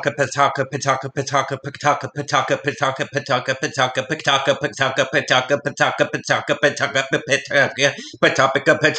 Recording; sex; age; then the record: repeated syllables /pa ta ka/; male; 40 to 49 years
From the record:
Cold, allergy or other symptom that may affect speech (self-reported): no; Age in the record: 47 years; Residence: Texas, United States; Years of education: 16